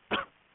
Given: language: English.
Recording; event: throat vibration sensor signal played as sound; cough